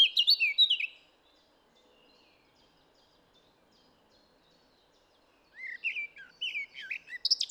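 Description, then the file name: Eurasian blackcap song in two bursts: brief fluty descending notes, several seconds of near silence, then a fresh run of whistled, warbling phrases. "Sylvia atricapilla"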